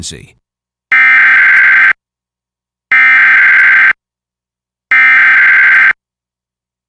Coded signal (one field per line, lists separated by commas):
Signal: Emergency Alert System (SAME) tones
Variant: header bursts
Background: speech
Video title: EAS #725: EAS Required Monthly Test- Dec. 7, 2022- 8:50PM PST